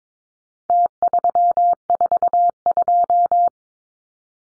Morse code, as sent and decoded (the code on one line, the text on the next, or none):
- ...-- ....- ..---
T342